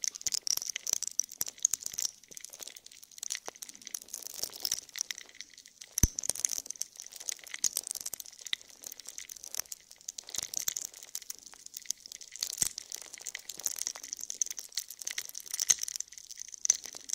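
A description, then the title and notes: Wet, squishy jelly sounds: a dense, steady stream of tiny crackling, crinkling squelches with a bright, hissy edge throughout. Occasional sharper clicks stand out, notably around six and twelve and a half seconds, over an otherwise even texture. ASMR Stress Relieving Jelly Sounds For Sleep.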